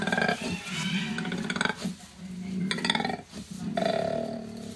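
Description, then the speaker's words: Koala growling: deep rough rasping bursts, pulsing and rumbling, broken by short pauses throughout. Played recording; growl warns others to keep away and signals the animal's size, using very low frequencies. "네, 코알라 소리입니다."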